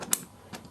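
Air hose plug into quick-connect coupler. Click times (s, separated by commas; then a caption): 0.1 s. A 1/4 in. air plug is pushed into a high-flow Flexzilla quick coupler on an air compressor hose setup. It gives one sharp click at 0.1 s, with fainter handling noise before it and again around 0.5 s. The plug seats just by pushing it in, with no need to pull back the coupler's collar.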